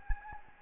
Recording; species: mosquito wingbeat signal from an infrared sensor; Anopheles gambiae